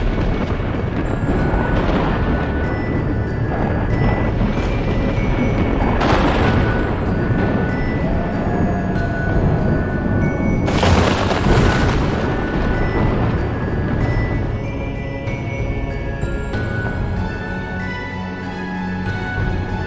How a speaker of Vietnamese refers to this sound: Chỉ nghe tiếng sấm sét vang vọng khắp cả nghĩa trang. Ở trên bầu trời, lôi điện trong mây đen dường như cũng cộng hưởng đánh xuống đùng đùng.